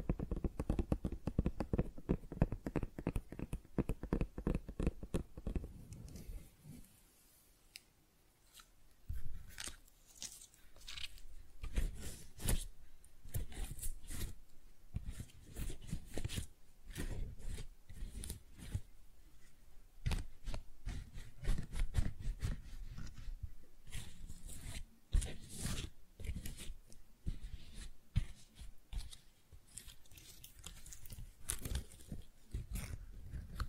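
Tingly flower sounds: a run of crisp snips, crinkles and snaps. The first six seconds are dense and rapid, with soft thuds underneath, then the sounds turn sparser and brighter, arriving in irregular bursts of sharp clicks and rustles through to the end.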